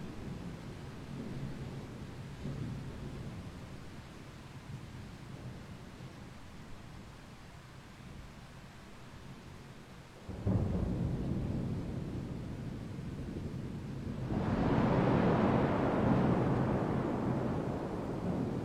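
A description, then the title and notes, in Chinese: Spring thunder rolls low for the first ten seconds, a soft steady rumble. Near 10 seconds a crack breaks in, and from about 14 seconds a heavier, brighter roar swells and holds before easing slightly toward the end. 惊蛰春雷。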